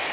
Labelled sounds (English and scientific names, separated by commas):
Blue-winged Warbler (Vermivora cyanoptera) flight call